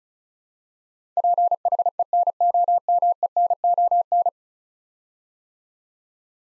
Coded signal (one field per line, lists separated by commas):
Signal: Morse code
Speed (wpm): 36 wpm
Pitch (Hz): 700 Hz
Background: none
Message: PHENOMENON